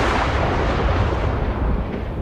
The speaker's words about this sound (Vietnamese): Ngay tại lúc này, một tiếng sét đùng đoàng đột ngột vang lên. Tia sét đánh xuống cách mọi người khoảng 10 bước về phía bên phải, đất đá văng lên tung tóe.